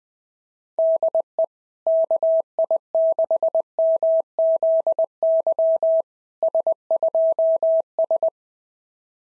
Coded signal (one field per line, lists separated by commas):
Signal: Morse code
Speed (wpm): 20 wpm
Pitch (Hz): 650 Hz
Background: none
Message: DE KI6MZY S2S